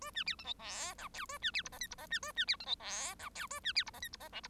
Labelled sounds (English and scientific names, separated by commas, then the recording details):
Bengalese Finch (Lonchura striata domestica) song
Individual Bird1